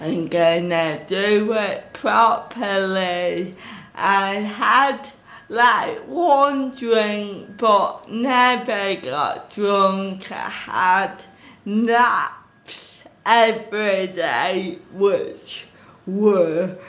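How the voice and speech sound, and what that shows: A woman speaks slowly, roughly 90 words a minute, drawing out vowels and breaking phrases with frequent pauses. Her voicing stays clear but her speech is evenly effortful and lengthened, consistent with dysarthria.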